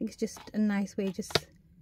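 Someone talks while handling a papercraft card gift box whose lid has a magnet added at the top to pull it shut. A brief sharp tick is heard near 1.4 s among the speech. The lid has not yet clicked shut, and nothing has seated.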